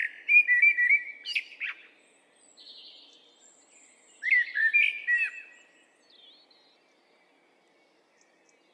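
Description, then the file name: Common blackbird delivering two fluty warbled phrases a few seconds apart, each ending in thin, squeaky high notes, with softer notes between them. "Turdus merula"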